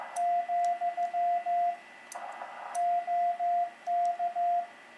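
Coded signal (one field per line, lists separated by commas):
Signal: Morse code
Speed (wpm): 15 wpm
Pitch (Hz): 700 Hz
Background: radio noise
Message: , OK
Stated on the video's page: Portable contact keyed with a Begali Traveler CW paddle, running 100 W from a Bioenno battery.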